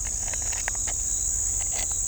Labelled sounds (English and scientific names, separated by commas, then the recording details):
none
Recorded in shrubland near Pivijay, Magdalena, Colombia, on 2 June 2023 at 05:30
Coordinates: 10.453, -74.365
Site P5-G022